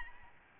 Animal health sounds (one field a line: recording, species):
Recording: mosquito wingbeat signal from an infrared sensor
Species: Aedes albopictus